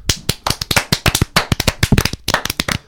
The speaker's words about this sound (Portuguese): Aplausos, por favor.